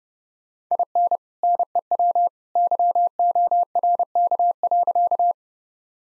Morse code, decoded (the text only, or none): IN NEW YORK.